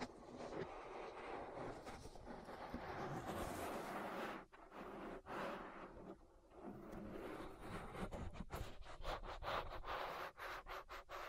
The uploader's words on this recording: (No Talking). Ear Massage.